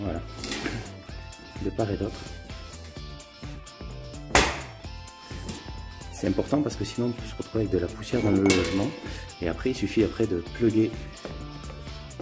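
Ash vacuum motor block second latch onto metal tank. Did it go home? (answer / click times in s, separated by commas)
yes / 4.4 s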